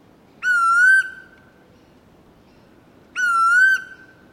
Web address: Sound Effects-Foundation 1 BIRD UNKNOWN NOOSA CALL